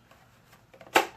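A plastic solar lantern light cap is pressed back into its groove in the housing after being opened. Some light rustling and small clicks lead up to one sharp snap at 1.0 s as the cap seats back in place.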